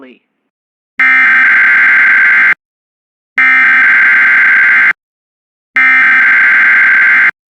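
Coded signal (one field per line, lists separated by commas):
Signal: Emergency Alert System (SAME) tones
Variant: header bursts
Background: speech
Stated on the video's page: Severe thunderstorm warnings and a required weekly test received on an internet stream of a broadcast station.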